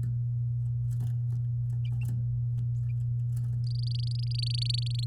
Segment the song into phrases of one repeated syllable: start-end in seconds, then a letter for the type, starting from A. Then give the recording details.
3.63-5.04 A. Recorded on 8 May 2018 at 05:43. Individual llb16